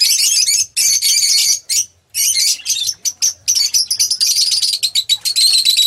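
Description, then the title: Oriental magpie-robin pouring out dense, raspy song bursts and sharp chatters almost without pause, one clear whistled note near the end. Chirping song. "Kicau Kacer"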